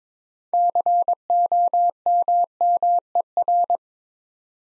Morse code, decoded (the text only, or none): COMMER